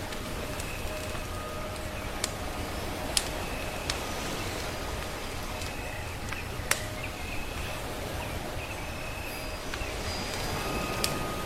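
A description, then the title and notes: A steady, dense wash of soft waves fills the whole clip, low and even. Sharp crackles and pops from firewood snap out every second or two, loudest near 3 and 7 seconds, while thin, high bird calls chirp faintly in the background. Come to the quiet and leisurely beautiful island to feel the embrace of nature, the singing of birds, soft waves and firewood.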